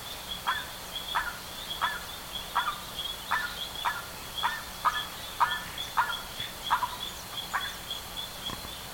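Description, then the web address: Bird calling in a fast series of brief, raspy notes, roughly two per second and slightly uneven, against a constant high droning background. "BIRD 2015 SABIOD 50 bird 2015"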